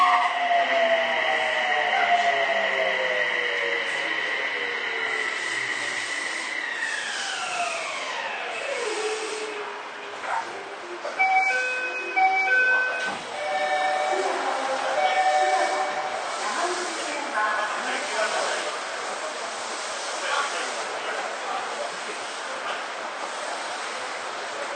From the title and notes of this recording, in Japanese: 都営6300形 西高島平ー神保町。車体は軽量ステンレス製車体であり、JR東日本の209系車両向けに開発された2シート貼り合わせ工法を採用している。